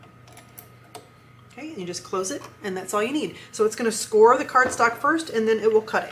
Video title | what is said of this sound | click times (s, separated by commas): Gift Card Holder SVG Free - Frog Gift Card Holder & Envelope Tutorial for Cricut | I'm going to go ahead and open clamp a and then you'll hear this click when I push it in | 0.6 s